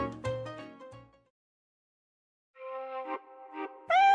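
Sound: cat meowing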